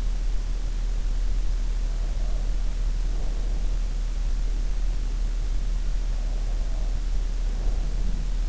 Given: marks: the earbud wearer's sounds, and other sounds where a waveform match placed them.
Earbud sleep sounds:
sounds in sleep by an in-ear microphone; breath
1.92-3.88 s: breath
6.11-8.49 s: breath

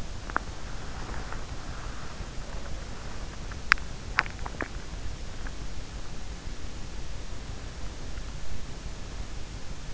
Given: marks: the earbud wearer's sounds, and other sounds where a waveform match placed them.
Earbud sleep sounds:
sounds in sleep by an in-ear microphone; teeth grinding
0.00-1.58 s: teeth grinding
3.52-4.91 s: teeth grinding

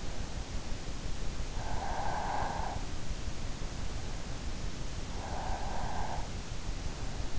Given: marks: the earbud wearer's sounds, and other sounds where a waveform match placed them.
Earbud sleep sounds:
sounds in sleep by an in-ear microphone; breath
1.25-3.14 s: breath
4.80-6.40 s: breath

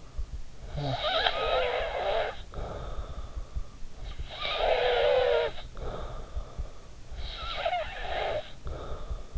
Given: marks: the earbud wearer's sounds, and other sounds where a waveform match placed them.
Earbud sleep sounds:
sounds in sleep by an in-ear microphone; snoring breath
0.30-3.73 s: snoring breath
4.07-6.93 s: snoring breath
7.04-9.38 s: snoring breath

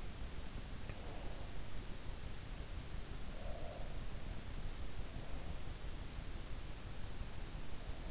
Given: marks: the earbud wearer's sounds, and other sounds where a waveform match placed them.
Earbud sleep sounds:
sounds in sleep by an in-ear microphone; breath
3.11-4.14 s: breath

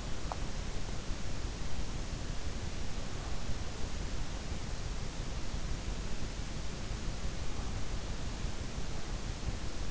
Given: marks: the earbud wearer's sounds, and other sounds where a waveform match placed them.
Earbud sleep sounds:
sounds in sleep by an in-ear microphone; teeth grinding
0.00-0.66 s: teeth grinding

